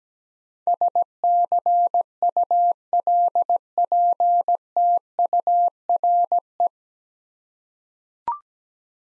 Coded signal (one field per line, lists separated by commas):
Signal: Morse code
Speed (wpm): 17 wpm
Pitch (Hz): 700 Hz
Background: none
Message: SCULPTURE